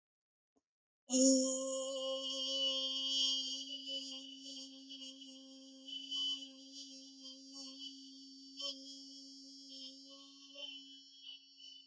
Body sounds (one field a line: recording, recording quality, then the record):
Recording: sustained vowel as in beet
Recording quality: excellent, no background noise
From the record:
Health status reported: healthy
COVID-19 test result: not tested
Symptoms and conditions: none ticked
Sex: female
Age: 20 years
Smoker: not ticked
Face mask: not worn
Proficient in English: yes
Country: India